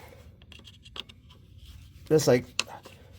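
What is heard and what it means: A shift cable end, held by a plastic retaining clip on its ball stud on a 4L60E transmission's linkage during a front leak fix, is wiggled back and forth. It pops off the stud with a sharp click at 1.0 s, releasing the cable. Someone talks throughout.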